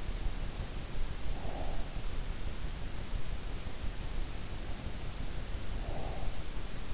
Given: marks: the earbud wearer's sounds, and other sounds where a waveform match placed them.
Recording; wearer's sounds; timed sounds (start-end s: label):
sounds in sleep by an in-ear microphone; breath
1.23-2.39 s: breath
5.47-6.93 s: breath